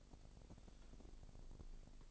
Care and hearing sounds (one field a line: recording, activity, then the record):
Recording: daily activity, microphone in the room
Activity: take from stove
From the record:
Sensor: 5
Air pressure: 999.4 hPa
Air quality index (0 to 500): 224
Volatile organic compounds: 22 ppm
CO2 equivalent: 2742 ppm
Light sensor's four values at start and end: 30/68/28/28 and 31/72/29/28